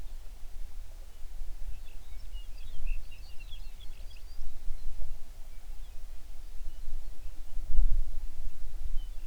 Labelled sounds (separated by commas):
songbird